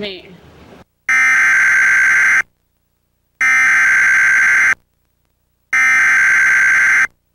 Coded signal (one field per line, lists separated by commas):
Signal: Emergency Alert System (SAME) tones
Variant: header bursts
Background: speech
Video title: KPHI Emergency Alert System - Severe Thunderstorm Warning (April 1, 2023; 7:50pm, #1)